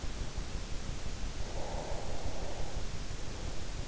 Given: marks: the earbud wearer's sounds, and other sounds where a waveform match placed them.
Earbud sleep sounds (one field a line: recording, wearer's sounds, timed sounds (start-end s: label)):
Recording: sounds in sleep by an in-ear microphone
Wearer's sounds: breath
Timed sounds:
1.26-3.03 s: breath